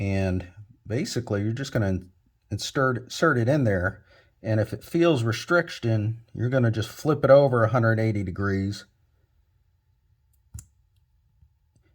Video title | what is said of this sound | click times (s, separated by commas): M2 Mods - Working with 4th Gen ram radio connector for Backup Camera wiring & Reroute | and install it until you feel it click | 10.6 s